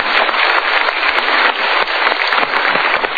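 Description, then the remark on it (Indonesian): An audience claps steadily for about three seconds, a dense, even wash of many hands with no voices over it, loud throughout. “Oke, kita berikan tepuk tangan untuk Anda.”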